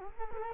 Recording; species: mosquito wingbeat signal from an infrared sensor; Culex quinquefasciatus